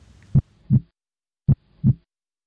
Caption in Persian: ضربان قلب. یکیش انگار محکمتر میزنه و یکیش آرومتر.